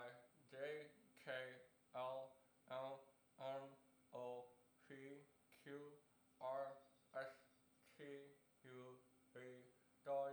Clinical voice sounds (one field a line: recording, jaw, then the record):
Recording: letters of the alphabet, spoken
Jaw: constrained by a bite bar between the teeth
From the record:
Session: first day, right after the free take